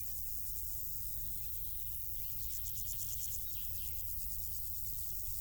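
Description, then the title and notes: Insects giving a fast pulsed, high-pitched stridulation that strengthens midway, over a continuous low background rumble. Insects stridulating in grass on île Gabriel, Brangues, France; sunny summer afternoon, June 2021; two small Lom Usi Pro capsules in stereo AB placed in the grass, SD MixPre 6. "île Gabriel - Brangues, France - Bourdons et crissements estivaux. Une après-midi ensoleillée sur l'île Gabriel. en juin 2021. je dépose deux petites capsules dans l'herbe afin de capter les stridulations des insectes à cette saison"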